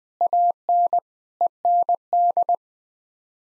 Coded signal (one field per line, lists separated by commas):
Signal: Morse code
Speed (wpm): 21 wpm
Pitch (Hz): 700 Hz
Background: none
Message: AN END